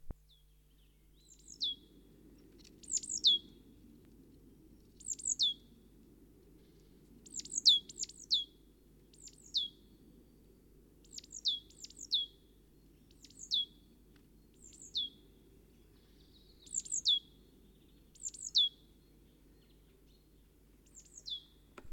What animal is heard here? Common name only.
Great Tit